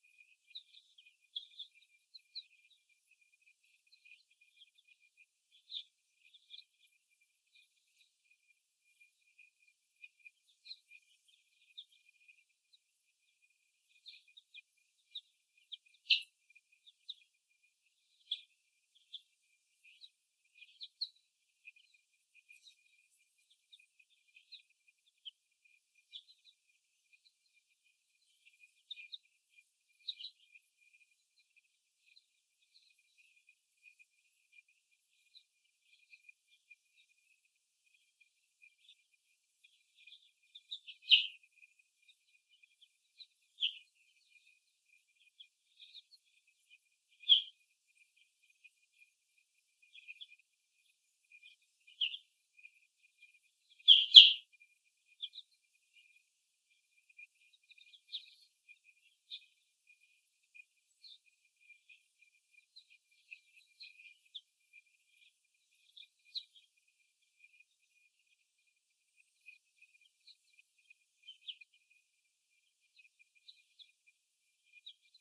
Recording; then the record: young laying hens in a cage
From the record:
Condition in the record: before the stressor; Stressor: simulated dog barking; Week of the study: 1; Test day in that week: 1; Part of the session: 4